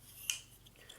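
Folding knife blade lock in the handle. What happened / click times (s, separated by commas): The sliding metal lock released with a sharp click / 0.3 s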